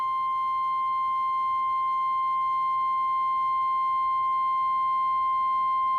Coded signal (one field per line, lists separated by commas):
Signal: Emergency Alert System (SAME) tones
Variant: 1050 Hz attention tone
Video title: TFX RETURNS ONCE MORE... EAS Alerts from 7/15/22 (EAS 1,405-1,417)